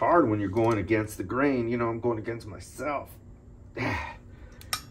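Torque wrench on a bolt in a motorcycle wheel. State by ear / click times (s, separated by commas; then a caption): not seated / none. A click-type torque wrench is pulled on a bolt in a new motorcycle wheel being prepped for a 2013 Softail while someone talks. Two brief, sharp sounds occur near 4.6 and 4.7 seconds, but the wrench has not broken over or clicked yet.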